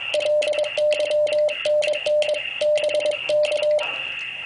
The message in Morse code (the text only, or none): LYNN BK